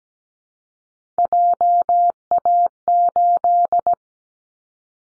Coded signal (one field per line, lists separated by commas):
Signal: Morse code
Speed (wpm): 17 wpm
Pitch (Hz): 700 Hz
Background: none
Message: JA8